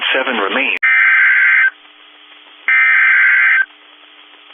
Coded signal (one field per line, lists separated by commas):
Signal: Emergency Alert System (SAME) tones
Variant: header bursts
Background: speech